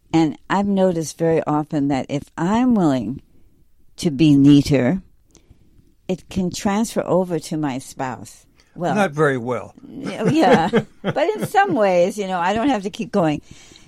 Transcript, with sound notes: And I've noticed very often that if I'm willing to be neater, it can transfer over to my spouse.
Well-
Not very well. (laughs)
Yeah. (laughs) But in some ways, you know, I don't have to keep going,